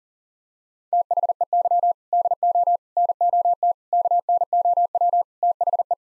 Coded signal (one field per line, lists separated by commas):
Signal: Morse code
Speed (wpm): 40 wpm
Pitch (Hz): 700 Hz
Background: none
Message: THEY DO NOT KNOW THE